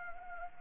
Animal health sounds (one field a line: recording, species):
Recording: mosquito wingbeat signal from an infrared sensor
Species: Anopheles arabiensis